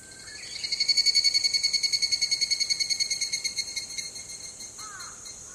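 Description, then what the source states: Higurashi cicada calling, a shrill, pulsed, ringing trill of rapid repeated notes that swells, then slowly fades. Call is named by the local word kanakana.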